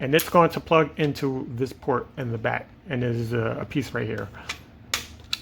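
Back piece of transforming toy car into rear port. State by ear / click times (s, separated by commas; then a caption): seated / 4.9 s, 5.3 s. Someone talks while the back section of a plastic transforming toy car is brought down and plugged into a port at the back. Sharp clicks at 4.9 and 5.3 seconds mark the piece clicking into place, seated.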